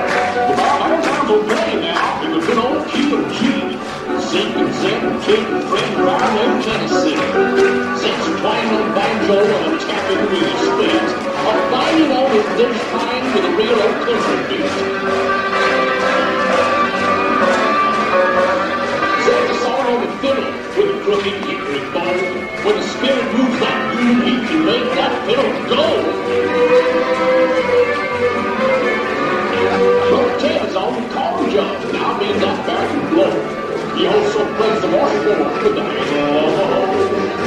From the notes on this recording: a trip to Disneyland